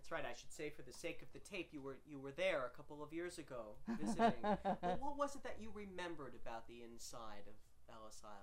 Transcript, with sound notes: That's right, I should say, for the sake of the tape, you were, you were there a couple of years ago visiting. (laughing) What, what was it that you remembered about the inside of Ellis Island?